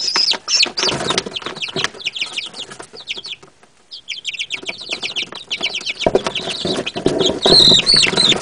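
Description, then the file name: Chicken chicks in a noisy chorus of shrill peeps, a brief lull midway, then loud overlapping cheeps resume with rustling underneath. "Chiks"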